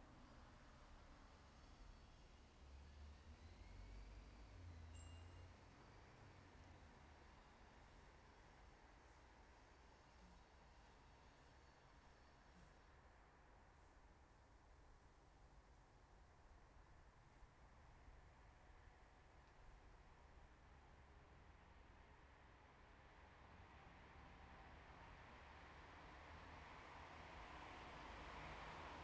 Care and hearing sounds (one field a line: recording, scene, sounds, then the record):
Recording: everyday scene through a hearing-aid microphone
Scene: in traffic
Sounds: traffic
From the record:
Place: bus stop on a city main road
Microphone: behind the ear, left, front